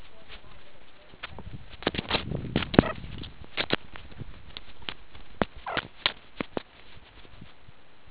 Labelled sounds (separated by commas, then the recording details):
meerkat close call
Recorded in the Kuruman River Reserve, South Africa
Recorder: an audio tag on a meerkat's collar